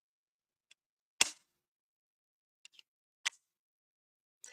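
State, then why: Seated. An unlocked single-dose Mounjaro injector pen is pressed against the skin and held down, giving a sharp start-of-dose click at 1.2 s and a second, completion click at 3.3 s. Fainter ticks and rustles come at about 0.7, 2.7, 2.8 and 4.5 s, with near silence between them, and the dose is delivered.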